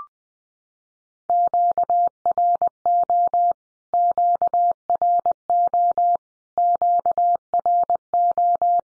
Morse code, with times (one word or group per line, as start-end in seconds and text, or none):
1.3-3.5 QRO
3.9-6.2 QRO
6.6-8.8 QRO